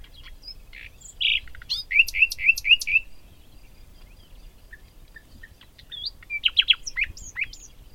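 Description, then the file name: Common nightingale song with a burst of five rapidly repeated emphatic notes, followed after a pause by varied chirps and twittering phrases. "Luscinia megarhynchos"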